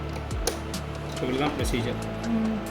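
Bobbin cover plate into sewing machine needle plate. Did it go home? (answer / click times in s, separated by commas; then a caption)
yes / 0.5 s. On a Singer 4423 sewing machine, after the bobbin thread has been drawn up, the plastic bobbin cover plate is fitted back into the needle plate on the machine bed. One sharp, short click at 0.5 s shows it snapping into place, seated. Someone talks, and music plays throughout.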